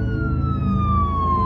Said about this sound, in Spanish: A lo lejos, se oyó una sirena de policía.